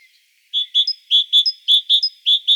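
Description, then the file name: Great tit song of crisp, high paired notes, the lower note followed by a thin higher one, repeated quickly in an even rhythm. "Parus major"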